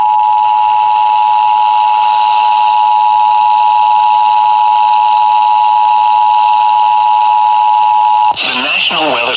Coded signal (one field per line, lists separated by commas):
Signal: Emergency Alert System (SAME) tones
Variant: 853 and 960 Hz attention tone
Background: speech